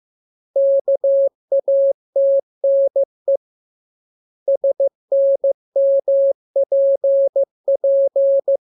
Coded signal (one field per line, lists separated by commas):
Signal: Morse code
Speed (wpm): 15 wpm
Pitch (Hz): 550 Hz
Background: none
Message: KATNE SNMPP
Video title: Learning Morse Code. Lesson 9. Letter KMURESNAPT